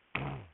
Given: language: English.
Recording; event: throat vibration sensor signal played as sound; throat clearing